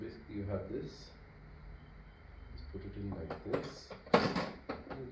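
A TV stand leg for a Sony 55-inch TV is handled and pushed toward its slot in the TV while someone talks. There are soft handling and scraping sounds with a few short knocks. Nothing has seated or clicked yet.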